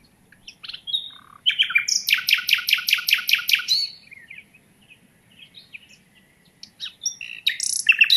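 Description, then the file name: Common nightingale song opening with short whistles, then a loud, rapid repeated chatter of rich notes, a quieter pause with thin notes, and a closing burst. "Luscinia megarhynchos"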